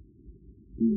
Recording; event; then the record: neck accelerometer signal played as sound; no cough (speech, laughter, throat clearing or background)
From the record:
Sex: male